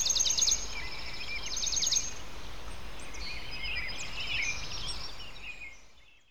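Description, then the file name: Birds chirping and twittering together, with quick buzzy high trills early on and looser chirps later, fading out at the end over a low hum. "Sounds Dogs Love - Loud Birds Sound Effect"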